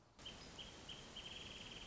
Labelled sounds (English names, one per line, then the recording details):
Wrentit
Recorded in Sonoma County, California